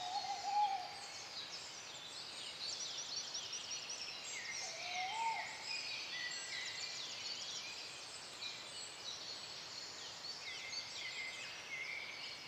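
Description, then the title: Tawny Owl hooting, two low, wavering hoots near the start and around five seconds, over a dense dawn chorus of high, twittering songbirds. Male calling during dawn chorus in young forest, Transylvania. "Transylvania - Young Forest - Dawn Chorus With Tawny"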